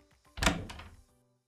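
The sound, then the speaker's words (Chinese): A waiter gives two faint, light knocks on the door of private room No. 5 in a restaurant, followed by a louder wooden thump and rattle as the door is opened from inside, with a short fading rumble afterward. “服务员敲了敲门，很轻的两声，门从里面被人打开。”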